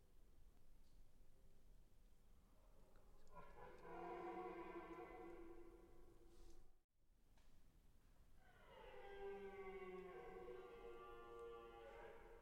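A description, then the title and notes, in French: A red deer stag bells during the rut, giving two long, drawn-out roars. The first swells in around two seconds and holds until about six and a half; after a brief gap the second starts near eight and a half and runs to the end, over a low steady rumble. Brame du cerf 2009 Foret de Tronçais.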